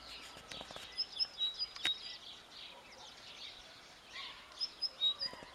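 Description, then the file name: Great tit calls, brief high sharp notes in quick clusters near the start and end, with a quieter stretch in the middle and light background hiss. "Parus major"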